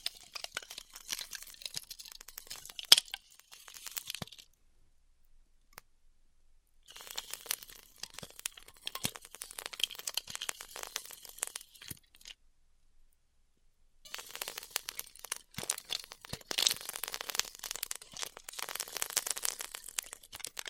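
Styrofoam being heat cut in three bursts of dense crackling and crinkling, bright and busy, separated by two brief silences near five and thirteen seconds.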